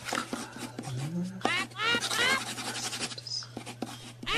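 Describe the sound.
A pen scratches across paper in quick, uneven strokes and taps as someone marks out letter groups from a letter to solve a riddle, with a low steady hum underneath and some faint voice-like sounds partway through.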